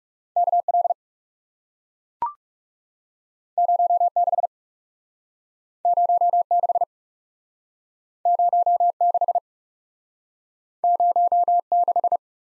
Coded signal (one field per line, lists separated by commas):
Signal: Morse code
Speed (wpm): 41 wpm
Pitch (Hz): 700 Hz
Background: none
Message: K L 0 6 0 6 0 6 0 6